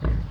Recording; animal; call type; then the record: contact call of a hoofed animal; wild boar; grunt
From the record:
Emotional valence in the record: positive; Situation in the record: food anticipation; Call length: 0.31 s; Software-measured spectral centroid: 970 Hz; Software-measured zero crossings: 500 a second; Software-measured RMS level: -24 dBFS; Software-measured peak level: -13 dBFS